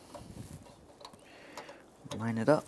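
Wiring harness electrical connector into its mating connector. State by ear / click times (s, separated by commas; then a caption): not seated / none. A plastic wiring harness electrical connector is handled and lined up with its mating connector while reconnecting the washer fluid reservoir on a 2008-2017 Mitsubishi Lancer. Only small ticks and rustles are heard, around 0.2, 1.1 and 1.6 s, and someone talks near the end. Nothing has seated or clicked yet.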